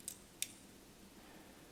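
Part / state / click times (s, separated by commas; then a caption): mechanism part into a petrol lighter body / seated / 0.4 s. While a vintage Penguin Cygnus automatic petrol lighter is serviced for a new wick and flint, a mechanism part is worked down into position in the lighter body so it stays closed. A faint tick at about 0.1 s is followed by a sharp, bright click at 0.4 s, then near silence. The part locks into place.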